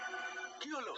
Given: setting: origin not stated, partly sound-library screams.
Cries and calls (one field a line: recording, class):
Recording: one-second piece from a danger detection set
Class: woman in danger